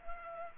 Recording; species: mosquito wingbeat signal from an infrared sensor; Culex pipiens